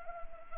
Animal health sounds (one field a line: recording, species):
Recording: mosquito wingbeat signal from an infrared sensor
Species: Anopheles arabiensis